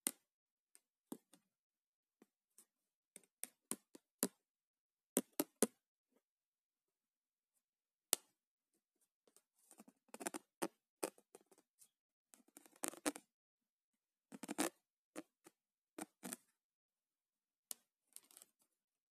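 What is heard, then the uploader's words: Debit card sounds: sharp plastic clicks and taps, scattered through the first half with gaps of silence, then denser bursts of rubbing and flicking between about 9 and 15 seconds. Bright, crisp transients, ending with a few sparse taps. ASMR - Debit card sounds.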